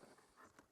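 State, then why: Not seated. The tine/scarifier reel assembly of a Greenworks DT40B00 lawn dethatcher and scarifier is being handled, with its plastic-bearing side lined up on the right and its toothed side lined up on the left with the drive, then slid left toward the machine's drive housing. Over 0.8 seconds there is a soft, steady broadband rustle of handling noise, with faint bumps near 0.4 and 0.6 seconds. The assembly has not seated or clicked into place yet.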